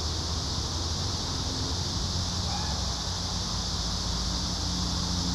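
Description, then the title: Cicadas keep up a constant high buzz, while a low steady hum and faint sounds sit beneath the chorus. Several cicadas singing in a park. "neoscenes: cicadas in the park"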